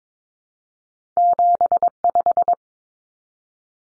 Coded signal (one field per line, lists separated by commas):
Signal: Morse code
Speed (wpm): 22 wpm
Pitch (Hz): 700 Hz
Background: none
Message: 75